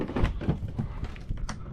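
An ice auger's flighting is being fitted back onto the drive's quick connect coupling and turned, giving a run of dull thunks and scraping handling noises with a sharper knock near 1.5 s. The clip ends before the part goes home, and nothing has locked or clicked into place yet.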